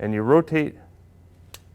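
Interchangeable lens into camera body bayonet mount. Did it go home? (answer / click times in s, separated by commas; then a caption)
yes / 1.5 s. Someone talks briefly as an interchangeable lens is rotated counterclockwise on a camera body's bayonet mount. At 1.5 s the locking pin engages with a single sharp click, and the lens is seated.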